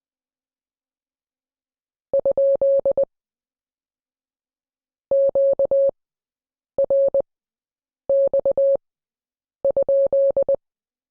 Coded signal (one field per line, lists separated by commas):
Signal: Morse code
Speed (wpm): 20 wpm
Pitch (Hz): 550 Hz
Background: none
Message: ? QRX?